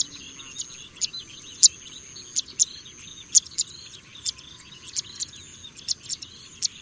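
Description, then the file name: Pipit calling with brisk, thin high notes, some louder than others, irregularly spaced over a constant high whining hum. "kicau burung apung omkicau"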